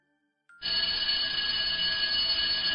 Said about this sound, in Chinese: 这个时候，下课铃声响起，吓得他浑身一抖。